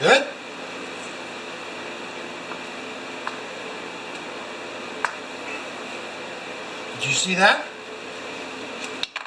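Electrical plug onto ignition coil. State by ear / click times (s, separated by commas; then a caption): partly seated / 9.0 s, 9.2 s. While changing the spark plugs on a 2010 Kia Soul, an electrical plug is pushed onto the ignition coil of the second cylinder as someone talks. Two short clicks are heard at 9.0 s and 9.2 s, but the plug is not fully clicked in.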